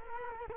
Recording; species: mosquito wingbeat signal from an infrared sensor; Culex quinquefasciatus